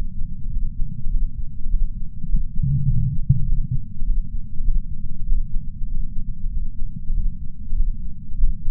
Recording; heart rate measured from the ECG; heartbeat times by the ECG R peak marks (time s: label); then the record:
heart sounds by patch sensor on the chest; 99 bpm
0.49 s: heartbeat
1.09 s: heartbeat
1.68 s: heartbeat
2.27 s: heartbeat
2.86 s: heartbeat
3.45 s: heartbeat
4.04 s: heartbeat
4.63 s: heartbeat
5.25 s: heartbeat
5.86 s: heartbeat
6.49 s: heartbeat
7.12 s: heartbeat
7.75 s: heartbeat
8.36 s: heartbeat
From the record:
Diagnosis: coronary artery disease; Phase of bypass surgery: postoperative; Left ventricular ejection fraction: 64%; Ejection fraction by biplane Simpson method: 61.7%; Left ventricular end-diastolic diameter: 46 mm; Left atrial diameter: 31 mm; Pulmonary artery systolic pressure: 30 mmHg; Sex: male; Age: 43 years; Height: 177 cm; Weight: 75 kg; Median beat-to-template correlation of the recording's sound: 0.76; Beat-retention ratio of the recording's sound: 0.99